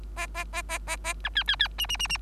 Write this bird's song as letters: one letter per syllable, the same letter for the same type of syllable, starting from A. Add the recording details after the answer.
A A A A A A B C C C D D D D. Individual Bird3